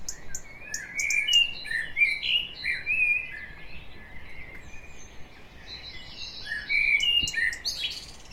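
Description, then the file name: Common blackbird: fluted, warbling whistles in short bursts, with high twittering notes scattered throughout. "Turdus merula"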